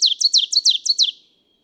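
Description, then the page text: Ovenbird song: the tail of a ringing series of high, slurred two-note phrases, about seven quick repeats, then stopping, with no other clear sounds. One of three neighboring males singing; listen for subtle individual differences in teacher intonation. Recorded June 2, 2017, in a state forest in Goshen, Massachusetts. "Birdsong for the Curious Naturalist. Ovenbird. Daughters of the American Revolution State Forest, Goshen, Massachusetts"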